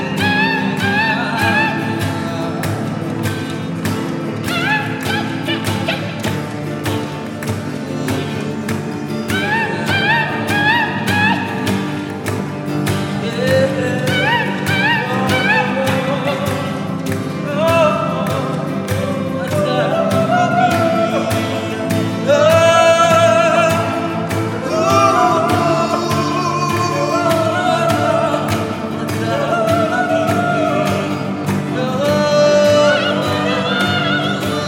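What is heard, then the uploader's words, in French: A Lubumbashi soundscape filled with music: a steady, regular beat of sharp percussive hits runs throughout under dense, wavering melodic lines that sound like singing or bright instruments. The level stays fairly even, swelling slightly around the 22–25 second mark. Une sélection de paysages sonores enregistrés à Lubumbashi par BNA-BBOT en octobre-novembre 2022.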